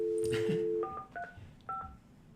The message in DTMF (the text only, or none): 435